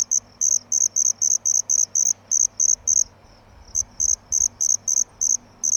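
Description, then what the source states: Cricket chirps, high and pulsed, come in a steady rapid series, break off briefly midway, then resume at the same quick pace over a low background hum. Crickets at night.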